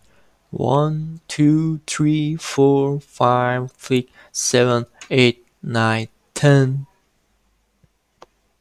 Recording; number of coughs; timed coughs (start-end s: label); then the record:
no coughing; 0
none
From the record:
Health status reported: healthy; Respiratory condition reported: no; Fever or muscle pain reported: no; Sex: male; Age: 27 years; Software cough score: 0.10